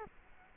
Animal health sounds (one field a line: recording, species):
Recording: mosquito wingbeat signal from an infrared sensor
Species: Culex quinquefasciatus